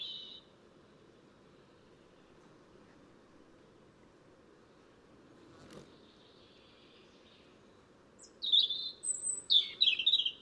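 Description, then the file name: European robin song: a brief high note at the start, a long quiet stretch with one sharp click, then a burst of high warbled phrases. "Erithacus rubecula"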